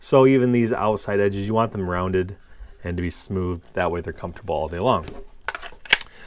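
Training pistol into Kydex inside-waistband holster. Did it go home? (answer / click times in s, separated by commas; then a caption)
yes / 5.9 s. Someone talks as a blue plastic training pistol is slid into an LCP MAX compact Kydex inside-waistband holster, with short scraping contact sounds around 5.5 s. The retention catches with a sharp, audible click at 5.9 s, and the gun is seated in the holster.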